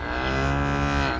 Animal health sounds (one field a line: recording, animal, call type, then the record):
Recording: contact call of a hoofed animal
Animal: cattle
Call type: low-frequency (closed-mouth) or high-frequency (open-mouth) call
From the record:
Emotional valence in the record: negative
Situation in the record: full separation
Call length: 1.20 s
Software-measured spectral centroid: 1920 Hz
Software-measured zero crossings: 1810 a second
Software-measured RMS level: -24 dBFS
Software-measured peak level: -12 dBFS